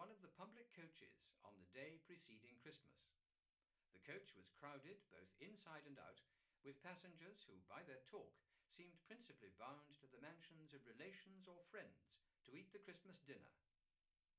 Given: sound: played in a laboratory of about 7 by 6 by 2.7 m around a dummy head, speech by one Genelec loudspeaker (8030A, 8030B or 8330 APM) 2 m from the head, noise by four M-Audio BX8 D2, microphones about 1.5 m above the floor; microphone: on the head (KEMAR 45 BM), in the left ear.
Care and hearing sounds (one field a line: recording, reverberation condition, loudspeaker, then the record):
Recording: male speech in English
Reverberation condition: low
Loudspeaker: 120 degrees to the left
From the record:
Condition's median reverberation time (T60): about 310 ms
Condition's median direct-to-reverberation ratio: about 3.5 dB